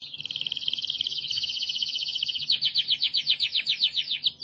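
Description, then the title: Canary song, a steady high rolling trill that shifts into slower, louder repeated notes pulsing several times a second. "Kenari"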